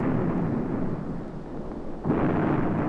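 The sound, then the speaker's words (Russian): A continuous, heavy rumble of artillery fire over Leningrad, lasting unbroken for several days, rolls on without pause, dense low booms blending into one loud roar that dips slightly in the middle before swelling again. No voices. “Гул, вот такой сплошной гул стоял нескончаемо несколько дней над Ленинградом. Орудия накаливались, пузырилась краска.”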